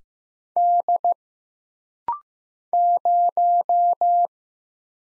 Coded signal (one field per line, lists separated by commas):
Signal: Morse code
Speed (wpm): 15 wpm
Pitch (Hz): 700 Hz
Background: none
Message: D 0